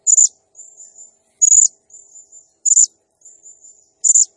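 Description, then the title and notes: Blue-crowned hanging parrot giving four loud, high chirps about every 1.3 seconds, with softer, thin trilling notes between them. Serindit in full, energetic song (gacor, 'nembak' style), used as a masteran training sound and lure for other birds. "Burung Serindit Nembak Gacor Bikin Emosi Semua Burung. Suara Nasteran Dan Pemikat Burung Serinditan Gacor"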